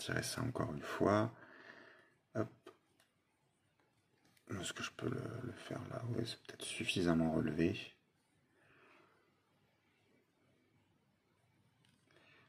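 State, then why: Not seated. Someone talks while trying to fit a small plastic collar/cape piece from one action figure onto the thinner neck of the new version of the figure, with a few faint handling taps between the words. Nothing clicks: the piece has no hold and does not clip on because the new version's neck is thinner.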